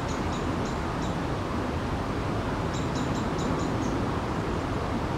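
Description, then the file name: Eurasian wren calls: two bursts of sharp, high, clicking notes in quick series, four then about six, over a steady low rumble of background noise. "Troglodytes troglodytes"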